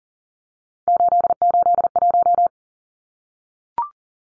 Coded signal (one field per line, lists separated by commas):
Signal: Morse code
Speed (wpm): 40 wpm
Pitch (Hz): 700 Hz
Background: none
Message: 881